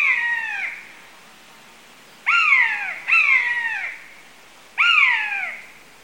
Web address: buzzard two adults calling song thrush woodpigeon wren and jackdaw